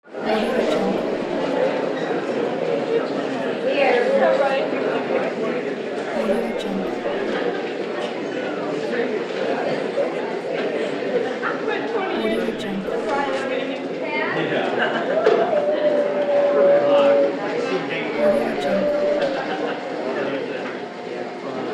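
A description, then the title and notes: Hospital corridor ambience: a steady, dense murmur of overlapping voices fills an indoor hall, with no single speaker standing out. Faint brief tones sound around 4, 15 and 18 seconds, and soft knocks and footfalls occur now and then beneath the chatter. Hospital Corridor Ambience Sound Effect.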